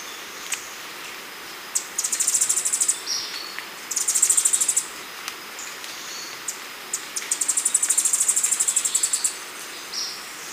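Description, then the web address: Rufous-throated tanager calls: rapid high buzzy chattering runs in three bursts, with scattered thin chips between them against a soft hiss. Recorded in Ecuador. "Birds of Ecuador Rufous-throated Tanager"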